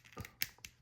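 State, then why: Seated. A swap head is pushed onto the plastic ball-joint neck of a 2003 Turtles action figure. A low rubbing and a soft tick around 0.2–0.25 s lead into a sharp, bright snap at 0.4 s as the head seats on the neck, followed by a fainter click at 0.6 s.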